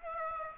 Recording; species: mosquito wingbeat signal from an infrared sensor; Aedes aegypti